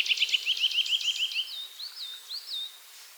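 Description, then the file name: European greenfinch giving fast trilled phrases, a run of rapid chirps followed by slurred, twangy whistled notes, fading toward the end. "Chloris chloris"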